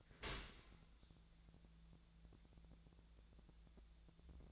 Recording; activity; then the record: daily activity, microphone in the room; open dishwasher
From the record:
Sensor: 3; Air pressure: 1000.5 hPa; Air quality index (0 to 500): 174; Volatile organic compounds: 3 ppm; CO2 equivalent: 1510 ppm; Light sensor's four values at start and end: 13/35/14/15 and 13/35/14/15